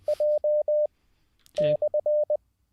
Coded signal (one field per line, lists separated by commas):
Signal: Morse code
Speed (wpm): 20 wpm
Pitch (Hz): 600 Hz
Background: none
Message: J/